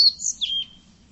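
Bird giving a single short call: a sharp high note, then a brief slurred note that trails off into a thin, falling whistle, over a low hum.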